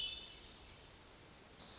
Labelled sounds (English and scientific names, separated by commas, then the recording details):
Hermit Thrush (Catharus guttatus)
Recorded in Sonoma County, California